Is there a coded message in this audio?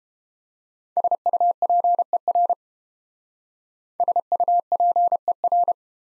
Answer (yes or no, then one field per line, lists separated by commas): yes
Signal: Morse code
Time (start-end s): 1.0-5.7 s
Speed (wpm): 30 wpm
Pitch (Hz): 700 Hz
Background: none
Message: SUPER SUPER